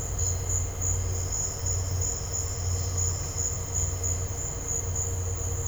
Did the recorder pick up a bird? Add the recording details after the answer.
no. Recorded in dense forest near Puerto Asís, Putumayo, Colombia, on 9 March 2025 at 15:30. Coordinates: 0.468, -76.322. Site GP01